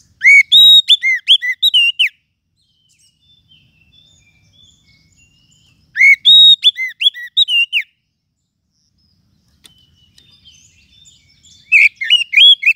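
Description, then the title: Lovebird calls repeated in three rapid bursts of shrill chirps and whistles, roughly six seconds apart, with faint background sounds in the gaps. Used to lure lovebirds. "PIKAT BURUNG LOVEBIRD"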